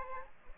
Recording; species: mosquito wingbeat signal from an infrared sensor; Aedes aegypti